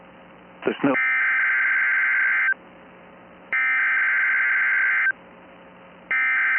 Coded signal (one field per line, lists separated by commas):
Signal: Emergency Alert System (SAME) tones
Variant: header bursts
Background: speech